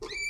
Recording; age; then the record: pig call; weaner (32 to 43 days)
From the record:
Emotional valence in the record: negative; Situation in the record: novel object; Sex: female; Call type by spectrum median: high-frequency call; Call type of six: high-frequency stable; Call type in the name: high-frequency stable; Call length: 0.30 s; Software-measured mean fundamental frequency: 446 Hz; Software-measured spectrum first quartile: 1958 Hz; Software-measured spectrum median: 2524 Hz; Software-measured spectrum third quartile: 5251 Hz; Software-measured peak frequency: 2323 Hz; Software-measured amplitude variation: 123 dB a second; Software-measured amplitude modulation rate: 18.4 a second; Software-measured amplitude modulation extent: 6.7 dB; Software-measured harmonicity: 15.2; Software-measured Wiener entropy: -4.22